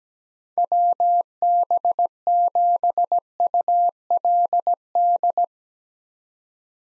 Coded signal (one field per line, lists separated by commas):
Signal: Morse code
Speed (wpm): 17 wpm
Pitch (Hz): 700 Hz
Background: none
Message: WB7ULD